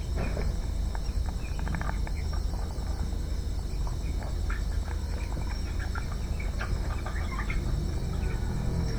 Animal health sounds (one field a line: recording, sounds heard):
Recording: poultry house recording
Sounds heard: healthy chickens